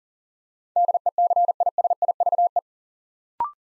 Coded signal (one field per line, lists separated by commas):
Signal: Morse code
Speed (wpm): 43 wpm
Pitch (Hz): 700 Hz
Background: none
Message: DECISIVE